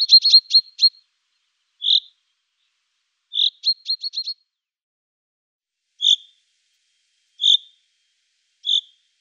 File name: Buchfink Fringilla coelebs